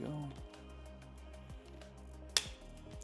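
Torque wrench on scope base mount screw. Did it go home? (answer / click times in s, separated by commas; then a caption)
yes / 2.4 s. A torque wrench tightens the last scope base mount screw on a CZ457 rifle while someone talks over background music. A sharp, loud click from the wrench at 2.4 s confirms the screw has reached its torque setting.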